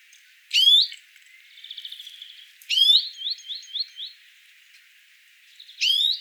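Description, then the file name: Greenfinch calling with sharp upswept chirps at the start, middle and end, linked by a rapid buzzy trill and a run of bouncing twitter notes. "Chloris chloris"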